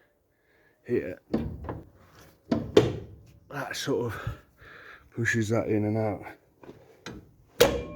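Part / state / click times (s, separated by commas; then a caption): clutch lever on a combine harvester threshing clutch mechanism / seated / 7.6 s. A metal clutch lever on a combine harvester's threshing clutch mechanism is pushed in and out by hand while someone talks. Several sharp metallic knocks ring out along the way, and the loudest hit at 7.6 s is the lever clicking right into place. The mechanism is judged good.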